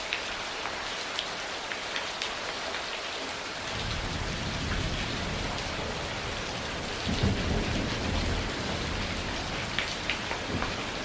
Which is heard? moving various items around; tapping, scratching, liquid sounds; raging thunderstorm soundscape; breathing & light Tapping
raging thunderstorm soundscape